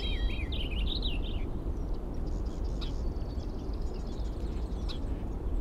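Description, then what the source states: Birds: a bird opens with a fast, looping warbled phrase, then only faint high notes remain against continuous low rumbling noise. Birds recorded at 05:55; date given as 070506.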